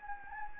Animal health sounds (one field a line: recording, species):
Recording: mosquito wingbeat signal from an infrared sensor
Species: Anopheles gambiae